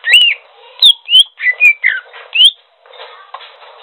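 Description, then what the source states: Greater green leafbird song: a clear run of several rich whistles that swoop up and down, then a pause and faint twittering. Local name cucak hijau; described as gacor, singing vigorously and continuously.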